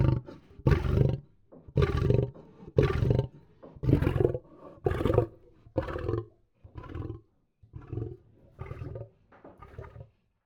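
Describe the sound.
Lion producing rhythmic grunting growls, roughly one per second, starting strong and gradually fading in loudness toward the end of the sequence.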